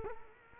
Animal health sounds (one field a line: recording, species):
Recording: mosquito wingbeat signal from an infrared sensor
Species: Culex quinquefasciatus